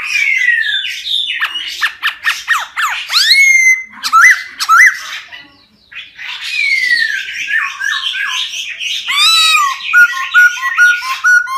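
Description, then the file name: Laughingthrush singing a dense, fast jumble of whistles, scratchy notes and rising slurs, ending in short repeated whistled phrases. Wild-voice song style ('giọng rừng'). "Tieng khuou hot giong rung"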